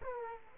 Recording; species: mosquito wingbeat signal from an infrared sensor; Aedes aegypti